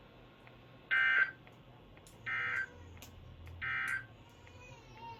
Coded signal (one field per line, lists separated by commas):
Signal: Emergency Alert System (SAME) tones